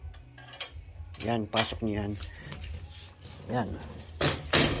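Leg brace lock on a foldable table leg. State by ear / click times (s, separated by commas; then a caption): not seated / none. A leg brace lock on a foldable table leg is handled while someone talks, with short metallic taps and knocks around 0.1, 0.4 and 2.5 seconds. Nothing has seated or locked into place yet.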